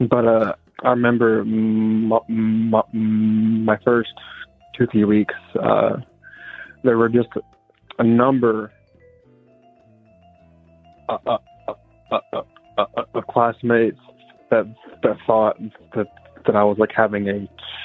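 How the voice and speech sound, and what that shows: Adult man speaking with a continuous speech impediment that developed in his youth and never went away. Stuttering-like disfluency, with prolonged sounds, repeated words and long silent blocks breaking up the phrases.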